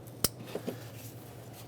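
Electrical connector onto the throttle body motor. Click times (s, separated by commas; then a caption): 0.2 s. A plastic electrical connector is plugged onto the throttle body motor of a 2008-2010 Ford F250 Super Duty 5.4L V8, giving one sharp, bright click at 0.3 s as it seats. Two much softer taps follow around 0.6–0.7 s over a low, steady background hum. The connector is clicked in and seated.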